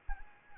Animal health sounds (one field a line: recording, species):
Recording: mosquito wingbeat signal from an infrared sensor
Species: Anopheles arabiensis